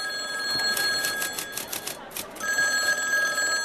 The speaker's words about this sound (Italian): Ma abbiamo deciso di lasciar suonare ancora per qualche minuto quel telefono per scoprire prima qualcosa dei gemelli McWhirter.